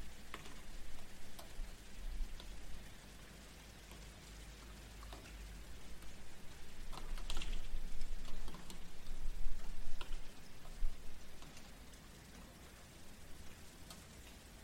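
Steady city rain patters with scattered drips and ticks, under a low traffic rumble that swells midway, around eight to ten seconds.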